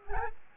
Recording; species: mosquito wingbeat signal from an infrared sensor; Anopheles gambiae